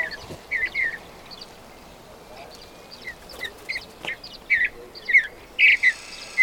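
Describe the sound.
Bird gives clusters of sharp chirps separated by a quieter stretch, the notes growing louder and denser at the close.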